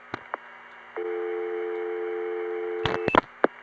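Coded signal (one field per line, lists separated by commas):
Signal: telephone call progress tone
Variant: North America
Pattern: dial tone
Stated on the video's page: Call progress tone heard exploring life insurance tie-lines in 1976.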